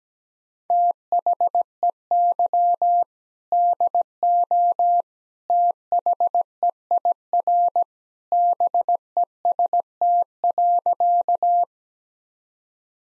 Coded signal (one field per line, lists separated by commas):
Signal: Morse code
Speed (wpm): 17 wpm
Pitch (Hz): 700 Hz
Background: none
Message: THEY DO THEIR BEST.